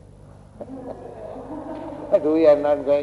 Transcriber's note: laughter